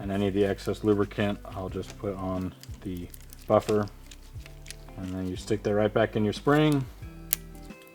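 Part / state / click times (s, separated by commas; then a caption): carbine buffer into its recoil spring / seated / 7.3 s. Someone talks while excess lubricant is put on a carbine's metal rifle buffer, which is then pushed back into the end of its recoil spring. A single sharp tick at 7.3 seconds marks the buffer clicking into the spring, and it is seated.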